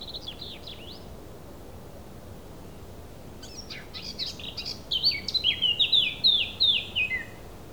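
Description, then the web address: Thrush song: a short high phrase, a pause, then a run of sliding whistled notes that step downward, over steady low background hiss. A single thrush. "Effects 02-Birds, Insects Animals. Birds single thrush"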